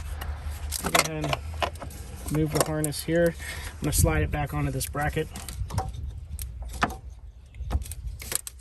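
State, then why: Seated. During a starter replacement on a 2003–2007 4-cylinder Honda Accord, a wiring harness is slid back onto its metal bracket on the engine while someone talks. Jangling and handling noises are followed by a sharp snap at 8.4 seconds as the harness's plastic clip seats onto the bracket.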